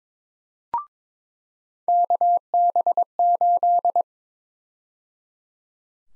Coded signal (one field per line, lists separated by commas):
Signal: Morse code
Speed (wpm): 22 wpm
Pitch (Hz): 700 Hz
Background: none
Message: KB8